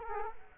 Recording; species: mosquito wingbeat signal from an infrared sensor; Culex quinquefasciatus